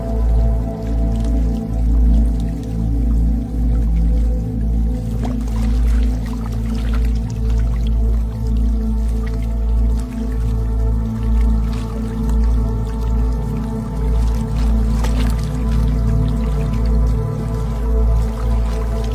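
Calm water sounds under a steady low hum, with sustained tones layered through the low and middle range. Soft watery drips and squishy trickles surface now and then, a little brighter around five and fifteen seconds, while the overall level stays even throughout.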